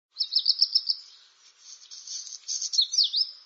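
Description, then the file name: Black redstart song: a quick run of high repeated warbled notes, then a scratchy, crackling buzzy stretch, ending with a few swooping whistled notes; no other sounds. "kopciuszek"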